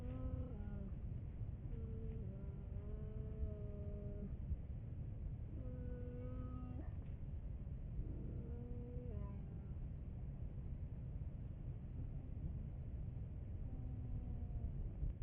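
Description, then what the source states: Bear giving a series of moaning, harmonic cries that waver and step up and down, separated by short pauses, over steady low-pitched background noise. Crying sounds.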